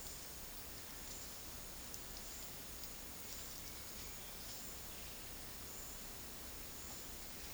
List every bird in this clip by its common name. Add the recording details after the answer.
none. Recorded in dense forest near Puerto Asís, Putumayo, Colombia, on 19 February 2024 at 11:30. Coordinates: 0.481, -76.318. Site G6421